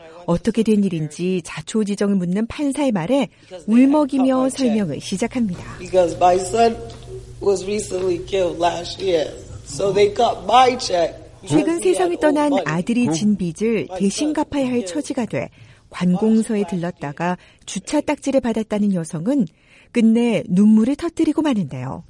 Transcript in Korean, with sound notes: 어떻게 된 일인지 자초지정을 묻는 판사의 말에 울먹이며 설명을 시작합니다. [현장음: 교통 범칙금 재판 현장] 최근 세상을 떠난 아들이 진 빚을 대신 갚아야 할 처지가 돼 관공서를 들렀다가 주차 딱지를 받았다는 여성은 끝내 눈물을 터뜨리고 마는데요.